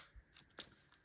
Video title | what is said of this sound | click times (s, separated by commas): Transformers Studio Series Deluxe Class B-127/BUMBLEBEE Review | to a nice satisfying click right there. | 0.6 s